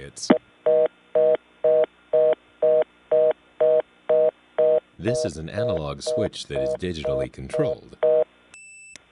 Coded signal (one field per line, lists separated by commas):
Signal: telephone call progress tone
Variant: North America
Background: speech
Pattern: reorder tone